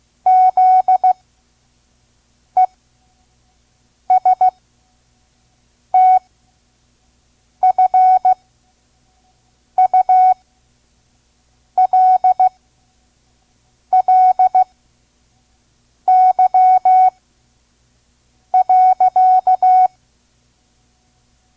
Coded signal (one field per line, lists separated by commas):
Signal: Morse code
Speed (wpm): 16 wpm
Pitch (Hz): 740 Hz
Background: none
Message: ZESTFULLY.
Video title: Morse Code course, Listen and Learn Part 2 (5 words per minute), Vintage ARRL Course for Radio Hams